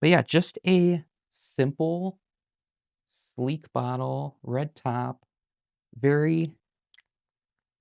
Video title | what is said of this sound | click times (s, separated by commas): I Found WAY Too Many Good Fragrances at Burlington | doesn't really click into place, but that's okay. | none